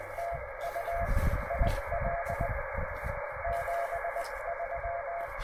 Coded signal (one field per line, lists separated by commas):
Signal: Morse code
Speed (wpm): 20 wpm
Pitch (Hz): 680 Hz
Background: radio noise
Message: TU IL 73